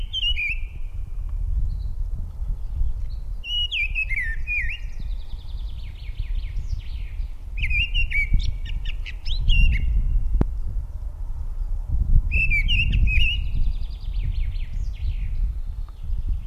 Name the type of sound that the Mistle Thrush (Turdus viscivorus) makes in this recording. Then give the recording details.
song. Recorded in the wild. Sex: male. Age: adult. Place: Erlangen, Bayern, DE. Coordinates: 49.6086, 10.9697. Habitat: forest. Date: 1962-05-11 18:45. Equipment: Stellavox SM 5, Original, Vollspur. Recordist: Tretzel, Erwin. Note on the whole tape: Erlangen, Mönau, Waldgebiet. Männchen: Gesang (Baumaufnahme - hochgestelltes Mikrofon)